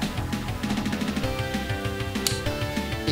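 A plastic model kit part is pushed home into the Dinozord body assembly of a Megazord model over steady background music. One sharp, short click at 2.3 s shows the part has snapped into place and engaged easily.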